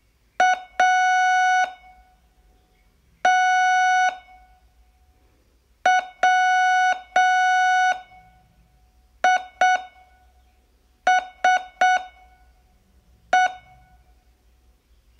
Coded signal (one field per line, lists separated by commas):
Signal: Morse code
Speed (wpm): 6 wpm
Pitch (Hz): 740 Hz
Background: none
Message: A T W I S E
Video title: Learn Morse in 42 Days from VU2LAU - day12